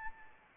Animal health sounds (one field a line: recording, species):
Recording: mosquito wingbeat signal from an infrared sensor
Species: Anopheles arabiensis